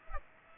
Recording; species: mosquito wingbeat signal from an infrared sensor; Aedes aegypti